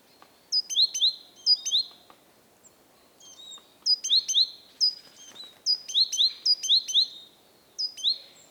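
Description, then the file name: Great tit song with bright, repeated two-note whistles in quick phrases, a short pause near the middle, then the phrases resume steadily. "Parus major"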